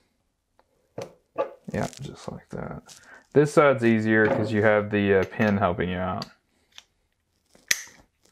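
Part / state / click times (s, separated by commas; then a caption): retaining clip seating over a pin on an assembly / seated / 7.7 s. A retaining clip is pressed edge-first into its seat over a pin on an assembly, on the easier side where the pin helps guide it, while someone talks. A sharp click at 7.7 s marks the clip snapping into place, and it is confirmed seated.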